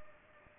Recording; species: mosquito wingbeat signal from an infrared sensor; Aedes aegypti